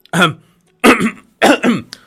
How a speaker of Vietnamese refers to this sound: Thấy thế, Ngọc Đế ho khan hai tiếng, làm mặt tỉnh bơ.